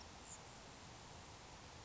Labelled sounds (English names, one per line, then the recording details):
Grasshopper Sparrow
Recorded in Sonoma County, California